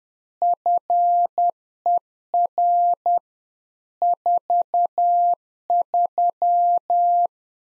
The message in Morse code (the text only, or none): FER 43